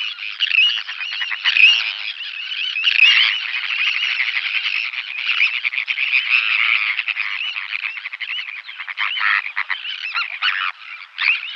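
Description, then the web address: Sandwich tern calls, a steady wall of grating, scratchy notes from many overlapping birds with no breaks. "Schulze Peter Sandwich Tern"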